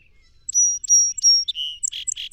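Song sparrow song with three clear high whistles, a lower buzzy note and rough chips, ending abruptly.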